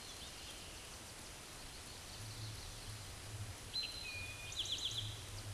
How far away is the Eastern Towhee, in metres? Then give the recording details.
about 35 m. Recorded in a Pennsylvania forest on 17 May 2023 at 13:25. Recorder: AudioMoth, point grid1_31_low. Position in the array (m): 114 m, 105 m